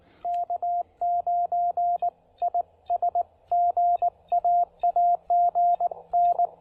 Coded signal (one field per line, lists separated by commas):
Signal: Morse code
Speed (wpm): 19 wpm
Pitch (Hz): 690 Hz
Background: radio noise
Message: K9IS GAAG N